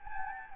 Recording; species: mosquito wingbeat signal from an infrared sensor; Anopheles gambiae